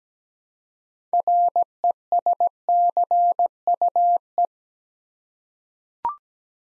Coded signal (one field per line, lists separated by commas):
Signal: Morse code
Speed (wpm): 17 wpm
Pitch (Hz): 700 Hz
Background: none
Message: RESCUE